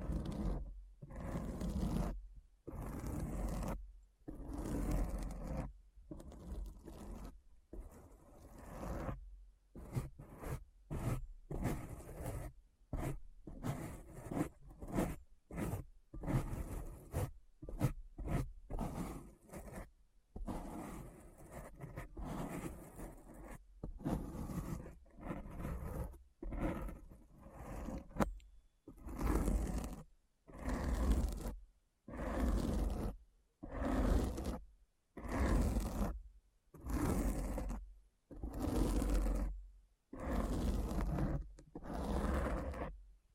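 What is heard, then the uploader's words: Deep scratching strokes repeat in quick, rough bursts with short silent gaps, loosening into a slower, steady rhythm of louder scrapes near the end. ASMR Deep Brain Scratch (No Talking).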